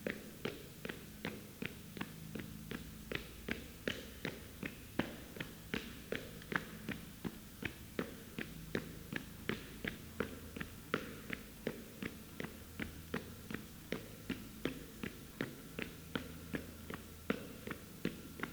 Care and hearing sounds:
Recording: daily activity, guitar pickup as the sensor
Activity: run

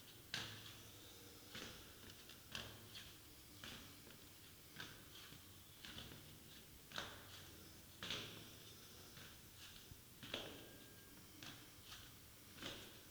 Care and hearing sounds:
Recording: daily activity, guitar pickup as the sensor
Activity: go downstairs

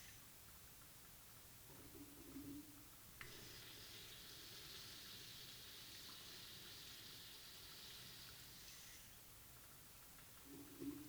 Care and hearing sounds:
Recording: daily activity, guitar pickup as the sensor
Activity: flush

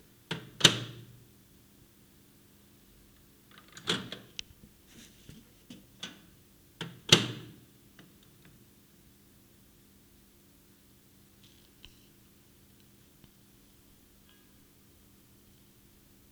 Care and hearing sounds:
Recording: daily activity, guitar pickup as the sensor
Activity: use microwave

